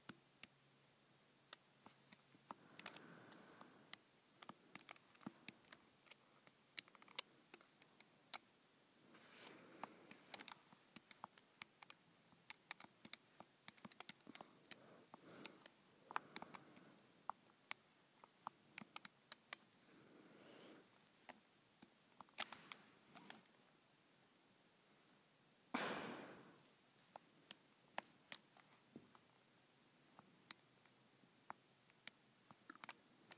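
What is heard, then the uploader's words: Calculator keys are pressed in irregular bursts, each a sharp, bright click. Clicks cluster in quick runs with brief pauses, and soft rustling swells sit between them, strongest near the 26-second mark. ASMR Punching in Numbers on my Calculator.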